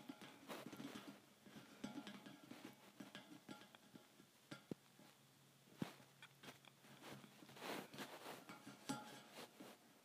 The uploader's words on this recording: ASMR Tapping Thin Metal Bars.